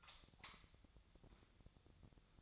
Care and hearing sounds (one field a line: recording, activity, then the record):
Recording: daily activity, microphone in the room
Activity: light off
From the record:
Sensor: 3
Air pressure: 1009.7 hPa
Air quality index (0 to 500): 190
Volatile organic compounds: 15 ppm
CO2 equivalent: 2480 ppm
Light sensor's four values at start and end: 46/119/50/52 and 39/97/42/45